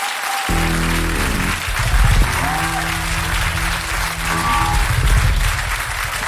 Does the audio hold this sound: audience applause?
yes